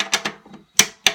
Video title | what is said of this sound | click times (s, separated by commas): care and feeding a snare drum- raising the rim! | it did click OK tighter | 1.1 s